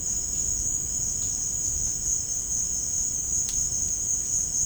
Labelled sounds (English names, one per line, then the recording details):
none
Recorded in dense forest near Puerto Asís, Putumayo, Colombia, on 25 June 2025 at 16:00
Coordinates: 0.481, -76.323
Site G072